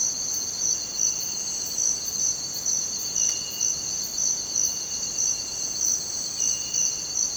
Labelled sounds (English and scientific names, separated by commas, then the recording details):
none
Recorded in dense forest near Puerto Asís, Putumayo, Colombia, on 23 June 2025 at 05:30
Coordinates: 0.484, -76.317
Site G045